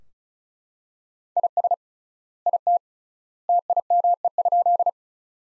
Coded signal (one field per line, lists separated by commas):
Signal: Morse code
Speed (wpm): 36 wpm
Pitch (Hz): 700 Hz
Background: none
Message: IS IT TIME?